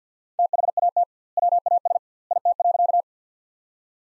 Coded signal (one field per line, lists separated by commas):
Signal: Morse code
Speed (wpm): 50 wpm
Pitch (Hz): 700 Hz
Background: none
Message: THAT WAS IT.